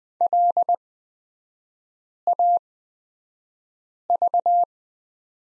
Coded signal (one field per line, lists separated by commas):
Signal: Morse code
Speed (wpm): 20 wpm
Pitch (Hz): 700 Hz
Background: none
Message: LAV